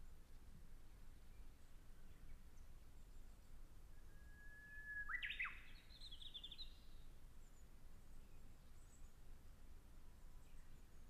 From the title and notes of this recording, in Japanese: MI･YO･TAの森で。御代田町1000m林道にて録音。